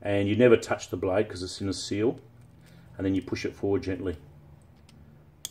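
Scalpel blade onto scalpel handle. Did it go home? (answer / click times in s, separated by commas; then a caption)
yes / 5.5 s. A sealed steel scalpel blade, kept in its seal so the blade is never touched, is slid into the slot of a scalpel handle and pushed gently forward until it locks, ready for scoring pork skin. Someone talks over faint shuffling, then a sharp click is heard at 5.5 s as the blade seats onto the handle.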